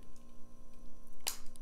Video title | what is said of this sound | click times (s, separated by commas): VAPTIO back with a passion C-flat and N1 Pro w Frogman | I'm going to go ahead and put this in click | 1.3 s